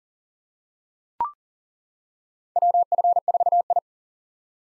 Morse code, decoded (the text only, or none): WF4I